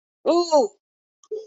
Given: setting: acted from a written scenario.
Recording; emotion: vocal sound without words; anger